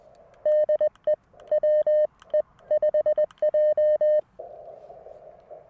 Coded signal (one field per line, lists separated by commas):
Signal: Morse code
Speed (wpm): 20 wpm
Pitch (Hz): 590 Hz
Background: none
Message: DE WE5J